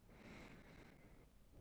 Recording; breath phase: one breath near a microphone; inhalation